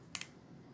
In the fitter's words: you can hear it pop and you can actually see the rear axle drop down